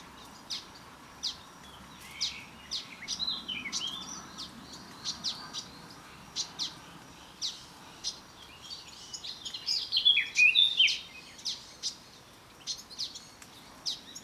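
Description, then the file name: Eurasian blackcap, sharp ticking clicks repeated throughout, with a short, faster scratchy warbled phrase bursting out about two-thirds of the way through. "Sylvia atricapilla"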